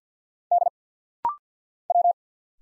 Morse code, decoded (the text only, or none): D W